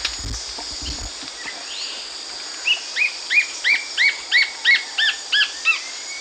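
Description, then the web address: White-flanked antwren: a few soft call notes, then a song of about ten arched, chirping notes in a rapid, even series, over a steady high hum. Call and song, Eastern Lowlands of South America. "Natures Songs S America Eastern Lowlands. Myrmotherula axillaris, call and song"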